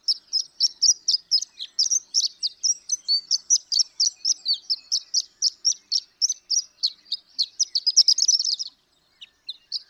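Horned lark song of rapid, high, jingling notes that run without a break for nearly nine seconds. They stop, and a few scattered chips follow.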